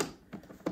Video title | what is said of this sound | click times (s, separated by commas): The BEST $200 Coffee Grinder! | All right, and hopper pops back on pretty easily, pretty nice and convenient. | 0.0 s